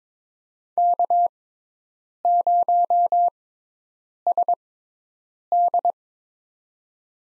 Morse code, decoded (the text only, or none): K0SD